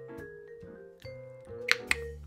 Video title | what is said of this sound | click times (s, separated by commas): Matchbox 1969 Type 14 Karmann Ghia convertible (130) | and that plastic chassis clicks back into place, front and back, just like that. | 1.7 s, 1.9 s